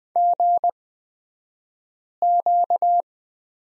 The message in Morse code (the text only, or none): GQ